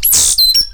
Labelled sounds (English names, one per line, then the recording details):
Stitchbird song
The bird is a male
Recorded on Tiritiri Matangi Island, New Zealand, in 2005
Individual 8, of nest box 10